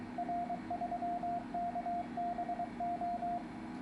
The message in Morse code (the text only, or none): R3KBO